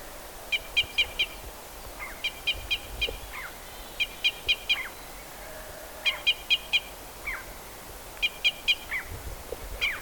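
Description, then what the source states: Red crossbill calls: sharp, dry notes in tight bursts of three or four, repeated about every two seconds, with soft lower downslurred notes between bursts. Red crossbill of call type E.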